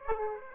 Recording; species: mosquito wingbeat signal from an infrared sensor; Aedes aegypti